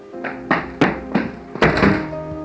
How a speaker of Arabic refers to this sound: يصفق الباب.